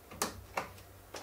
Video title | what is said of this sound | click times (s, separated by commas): Threadripper build VLOG part 5: MSI X399 SLI Plus, Gigabyte GTX1080 and Ryzen 1920X | you'll hear it click into place. The tab will come up and hold it firmly. So now the memory is in. | 0.2 s, 0.6 s